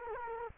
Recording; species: mosquito wingbeat signal from an infrared sensor; Culex quinquefasciatus